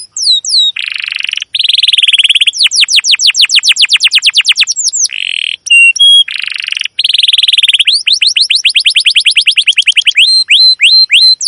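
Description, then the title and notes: Domestic canary singing, alternating buzzy rolled trills with rapid series of steep downward chirps and short whistled notes. Long, continuous chirping canary song used as a lure to train young canaries to learn the sound. "CUIT CUIT NGEROL LANGSUNG GACOR PANJANG Kenari Ini AMPUH Utk Pancingan KENAR. PANCINGAN Kenari GACOR PANJANG Cuit CUIT EMOSI ini AMPUH utk MASTERAN Kenari PAUD belajar BUNYI. burung kenari"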